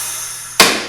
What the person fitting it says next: Once it's closed and locked, you heard it snap.